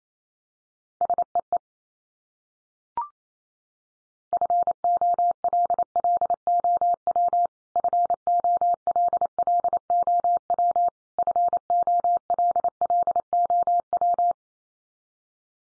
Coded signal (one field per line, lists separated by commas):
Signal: Morse code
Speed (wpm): 28 wpm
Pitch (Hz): 700 Hz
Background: none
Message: SEE FOLLOW FOLLOW FOLLOW